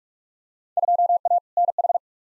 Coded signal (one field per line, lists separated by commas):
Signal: Morse code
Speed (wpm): 46 wpm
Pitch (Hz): 700 Hz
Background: none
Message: 2A NH